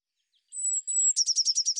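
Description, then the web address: Eurasian blue tit song phrase: two thin, sustained very high notes, then a rapid trill of sharp pulses, about ten per second. "cianscape birddata Deverinetal 2025 File cleaned normalized Bird Cy Ca"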